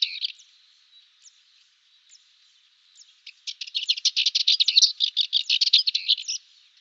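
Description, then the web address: Cyprus warbler: a brief scratchy burst, scattered soft chips, then a long rattling, chattering phrase of harsh buzzy notes lasting about three seconds. "Schulze Peter Cyprus Warbler song"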